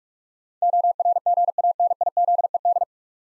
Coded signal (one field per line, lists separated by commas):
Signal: Morse code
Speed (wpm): 44 wpm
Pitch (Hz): 700 Hz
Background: none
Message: ORGANIZED